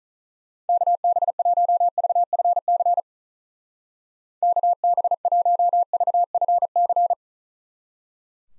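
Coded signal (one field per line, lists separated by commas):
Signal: Morse code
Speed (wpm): 47 wpm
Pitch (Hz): 700 Hz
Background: none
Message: KB1VFC KB1VFC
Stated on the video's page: Call sign practice in Speed-Racing format, starting at 1.5 times base speed and slowing to base; final repeat sent once at maximum speed.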